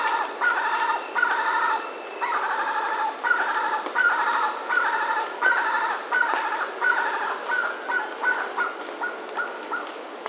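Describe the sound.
Bird giving rapid buzzy, harmonic bursts in a steady rhythm, with faint higher chirps over a constant hiss.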